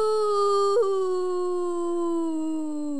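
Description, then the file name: Wolf howl, one sustained tone with a brief upward break near the start, then sliding gradually downward to the end. "loup"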